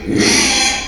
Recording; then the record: squeal of a Yucatan mini pig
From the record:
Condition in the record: after surgery on the right vocal fold (resection and tissue-engineered implant); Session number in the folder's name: 2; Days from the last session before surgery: 13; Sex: male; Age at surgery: 12 weeks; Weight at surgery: 13 kg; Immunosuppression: cyclosporine, prednisolone